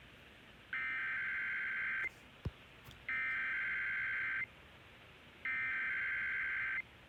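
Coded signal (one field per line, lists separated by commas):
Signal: Emergency Alert System (SAME) tones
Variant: header bursts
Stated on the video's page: Required Monthly Test EAS tones, the test aired on New York City AM radio and digital TV stations.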